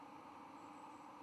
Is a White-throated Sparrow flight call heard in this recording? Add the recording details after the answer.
no. No flight call is heard. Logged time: 11:34 on 10 November 2014